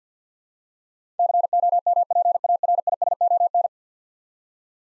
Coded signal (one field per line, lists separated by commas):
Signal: Morse code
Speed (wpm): 50 wpm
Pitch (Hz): 700 Hz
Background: none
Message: COMPARISON